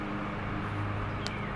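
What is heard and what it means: The buckle release on a ratchet belt is pressed against a steady low background hum. A single short click sounds at 1.3 s as the strap is freed and the belt releases.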